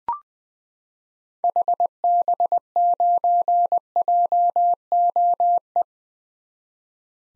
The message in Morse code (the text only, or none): HB9JOE